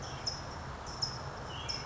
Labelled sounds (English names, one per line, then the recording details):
California Towhee
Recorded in Sonoma County, California